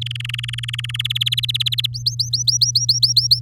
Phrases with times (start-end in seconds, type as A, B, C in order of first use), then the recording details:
0.01-1.07 A, 1.10-1.86 B, 1.93-3.40 C. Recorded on 6 May 2018 at 10:42. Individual llb16